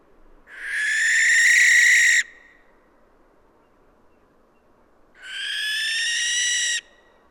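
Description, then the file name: Barn owl producing two long, rasping, hissing screeches spaced about three seconds apart over a quiet background. "Schleiereule - Tyto alba"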